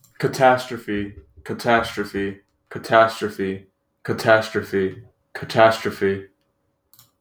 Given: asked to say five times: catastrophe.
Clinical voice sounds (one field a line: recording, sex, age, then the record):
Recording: repeated word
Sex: male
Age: 20 to 29 years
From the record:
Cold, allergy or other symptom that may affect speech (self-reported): no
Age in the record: 21 years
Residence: Florida, United States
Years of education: 16